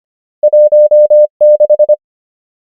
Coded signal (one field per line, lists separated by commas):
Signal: Morse code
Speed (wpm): 25 wpm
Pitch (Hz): 600 Hz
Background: none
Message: 1 6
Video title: morse code practice | 25wpm | 24fw | numbers | ENGLISH